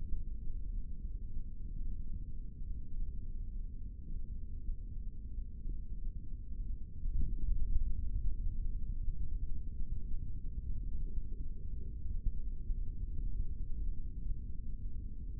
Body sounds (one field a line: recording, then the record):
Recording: forearm muscle sounds (acoustic myography)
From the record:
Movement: rest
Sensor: system 3, bracelet of six PUI Audio POM-2738L microphones around the upper forearm, with dedicated amplification and filtering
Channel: 1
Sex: male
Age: 56 years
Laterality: right